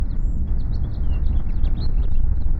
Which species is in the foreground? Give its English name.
House Finch